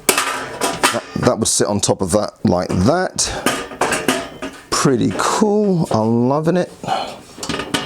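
The metal top lid of a TecMojo flatpack wall-mount network cabinet is handled over the frame while someone talks, with sharp metallic knocks and clatter near 0.1, 3.8, 4.1, 7.4 and 7.8 seconds. The lid has not yet been pressed down, and nothing has seated or clicked yet.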